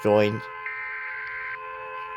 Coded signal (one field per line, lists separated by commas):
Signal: Emergency Alert System (SAME) tones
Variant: header bursts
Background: speech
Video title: reacting to eas alarms animated series 1-5 (reanimated!)